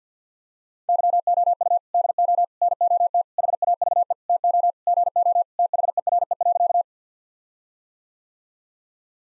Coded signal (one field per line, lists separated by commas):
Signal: Morse code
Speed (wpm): 50 wpm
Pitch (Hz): 700 Hz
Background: none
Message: YOU DO NOT HAVE TO GO THERE.